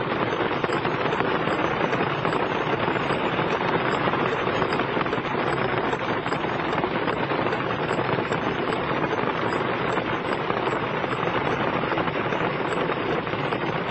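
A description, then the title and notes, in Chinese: Rain falls on a car in a steady, dense patter that never lets up, the countless tiny impacts blurring into one continuous hiss. The sound is even in level throughout, bright but full, with a faint low rumble underneath. 雨落在车上。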